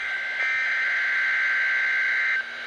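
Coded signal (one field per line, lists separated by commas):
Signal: Emergency Alert System (SAME) tones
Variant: header bursts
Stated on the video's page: Required weekly tests on NOAA weather radio transmitters at 162.400–162.550 MHz.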